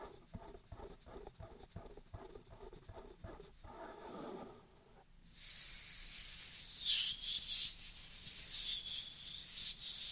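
Dry hands make sounds, starting with a quick, regular series of soft brushing strokes, about two or three per second, for the first four seconds. A short swelling rub follows. From about five seconds on, a louder, continuous bright rasping hiss takes over, with small crackles.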